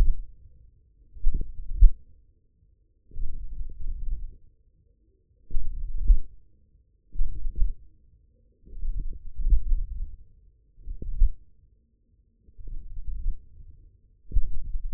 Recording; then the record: forearm muscle sounds (acoustic myography)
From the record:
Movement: tripod grip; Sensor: system 1, eight BSWA MPA416 microphones around the upper forearm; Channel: 5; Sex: male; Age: 54 years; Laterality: right